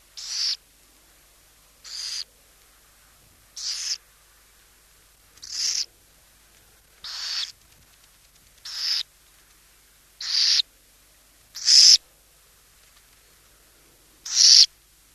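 Burrowing owl giving nine short, harsh hisses at an uneven pace.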